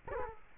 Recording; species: mosquito wingbeat signal from an infrared sensor; Culex quinquefasciatus